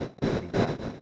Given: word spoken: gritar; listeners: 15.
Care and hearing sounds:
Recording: one Spanish word in noise, from a listening test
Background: noise modulated by one talker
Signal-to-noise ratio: -12.4 dB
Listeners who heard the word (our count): 0 of 15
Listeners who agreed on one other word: 7 of 15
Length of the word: 0.62 s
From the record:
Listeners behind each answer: 7, 1, 1, 1, 1, 1, 1, 1, 1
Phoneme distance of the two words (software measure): 24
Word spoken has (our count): 2 syllables, 6 phonemes, stress on syllable 2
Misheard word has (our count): 2 syllables, 6 phonemes, stress on syllable 2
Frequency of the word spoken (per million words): 13.16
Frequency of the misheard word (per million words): 12.38

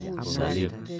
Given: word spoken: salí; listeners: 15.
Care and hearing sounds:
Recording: one Spanish word in noise, from a listening test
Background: four-talker babble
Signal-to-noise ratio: 0.5 dB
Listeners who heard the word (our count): 0 of 15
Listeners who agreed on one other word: 12 of 15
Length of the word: 0.60 s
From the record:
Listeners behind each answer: 12, 1, 1, 1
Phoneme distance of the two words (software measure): 7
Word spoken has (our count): 2 syllables, 4 phonemes, stress on syllable 2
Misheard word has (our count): 2 syllables, 5 phonemes, stress on syllable 2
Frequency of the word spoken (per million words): 13.03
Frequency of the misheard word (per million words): 147.13

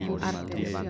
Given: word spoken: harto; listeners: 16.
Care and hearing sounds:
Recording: one Spanish word in noise, from a listening test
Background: four-talker babble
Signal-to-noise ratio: -3.0 dB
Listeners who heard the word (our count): 2 of 16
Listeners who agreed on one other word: 12 of 16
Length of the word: 0.50 s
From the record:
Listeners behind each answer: 12, 2, 1, 1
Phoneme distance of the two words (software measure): 10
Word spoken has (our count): 2 syllables, 4 phonemes, stress on syllable 1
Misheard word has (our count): 2 syllables, 4 phonemes, stress on syllable 1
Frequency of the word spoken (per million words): 11.77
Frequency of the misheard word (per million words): 184.61

